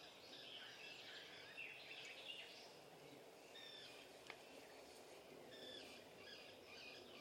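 Birds chirping, a loose chorus of short high twittering notes and brief whistles, with a constant low background hiss and one sharp click midway.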